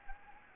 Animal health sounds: mosquito wingbeat signal from an infrared sensor; Anopheles gambiae

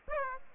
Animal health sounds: mosquito wingbeat signal from an infrared sensor; Aedes aegypti

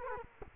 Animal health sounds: mosquito wingbeat signal from an infrared sensor; Culex quinquefasciatus

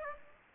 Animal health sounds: mosquito wingbeat signal from an infrared sensor; Aedes aegypti

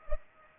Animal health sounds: mosquito wingbeat signal from an infrared sensor; Culex pipiens

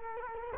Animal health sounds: mosquito wingbeat signal from an infrared sensor; Culex quinquefasciatus

